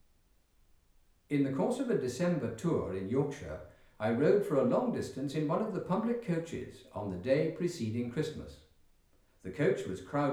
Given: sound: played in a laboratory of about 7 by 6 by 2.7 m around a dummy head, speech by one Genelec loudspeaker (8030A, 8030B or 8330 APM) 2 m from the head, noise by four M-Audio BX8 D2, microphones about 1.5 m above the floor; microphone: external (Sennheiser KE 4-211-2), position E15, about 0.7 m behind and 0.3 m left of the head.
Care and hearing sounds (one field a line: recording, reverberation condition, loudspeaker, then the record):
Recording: male speech in English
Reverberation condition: medium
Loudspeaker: 120 degrees to the right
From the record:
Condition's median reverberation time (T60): about 510 ms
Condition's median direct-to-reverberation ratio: about -0.5 dB